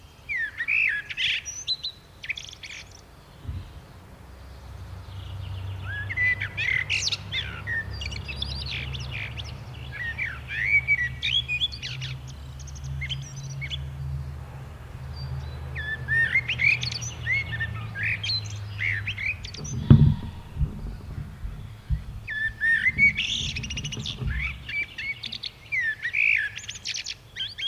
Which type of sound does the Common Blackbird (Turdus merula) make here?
song